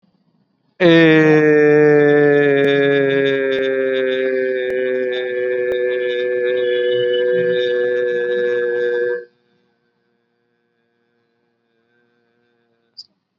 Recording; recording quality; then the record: sustained vowel as in made; excellent, no background noise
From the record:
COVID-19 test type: RT-PCR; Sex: male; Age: 39 years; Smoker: yes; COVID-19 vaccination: both doses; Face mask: worn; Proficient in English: yes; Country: India